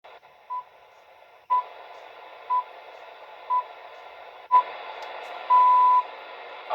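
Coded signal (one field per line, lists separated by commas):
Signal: radio time signal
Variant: time pips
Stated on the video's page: BBC Radio 4 on 198 kHz long wave, received on a Tesco RAD-108 radio.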